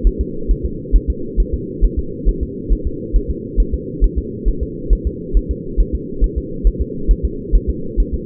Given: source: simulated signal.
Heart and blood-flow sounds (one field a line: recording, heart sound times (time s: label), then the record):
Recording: fetal heart sounds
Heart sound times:
0.07 s: S1
0.21 s: S2
0.51 s: S1
0.65 s: S2
0.96 s: S1
1.10 s: S2
1.40 s: S1
1.54 s: S2
1.84 s: S1
1.99 s: S2
2.29 s: S1
2.43 s: S2
2.73 s: S1
2.87 s: S2
3.16 s: S1
3.31 s: S2
3.60 s: S1
3.74 s: S2
4.04 s: S1
4.18 s: S2
4.49 s: S1
4.63 s: S2
4.93 s: S1
5.07 s: S2
5.37 s: S1
5.51 s: S2
5.81 s: S1
5.95 s: S2
6.24 s: S1
6.38 s: S2
6.67 s: S1
6.81 s: S2
7.11 s: S1
7.25 s: S2
7.55 s: S1
7.69 s: S2
8.00 s: S1
8.14 s: S2
From the record:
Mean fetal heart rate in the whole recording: 135 bpm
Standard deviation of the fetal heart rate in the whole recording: 3 bpm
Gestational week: 36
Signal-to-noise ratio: -4.3 dB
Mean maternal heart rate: 72 bpm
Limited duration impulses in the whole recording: absent